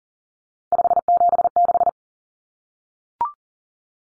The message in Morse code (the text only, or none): 576